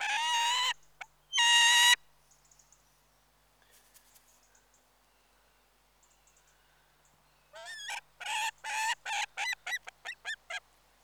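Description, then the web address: Peregrine falcon giving two long, harsh, grating calls, then a quiet gap, then a run of several short, clipped, harsh notes. "BBC Sound Effects Library. Peregrine Falcon"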